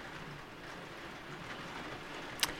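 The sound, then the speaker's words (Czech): Light rain falling as a soft, steady hiss, faint and even throughout, with one sharp little tick of a drop near the end, during a recording being made in the rain. “Vážení posluchači, snad omluvíte, možná slyšíte takový lehký deštík, který tady je teď momentálně slyšet.”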